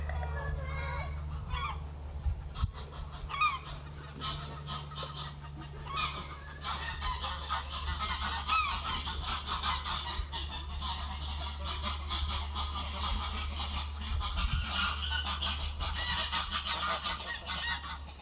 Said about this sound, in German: ich wollte unbedingt Storchengeklapper aufnehmen